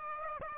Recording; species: mosquito wingbeat signal from an infrared sensor; Aedes aegypti